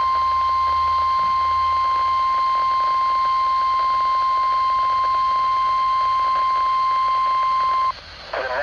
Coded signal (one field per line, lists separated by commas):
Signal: Emergency Alert System (SAME) tones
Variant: 1050 Hz attention tone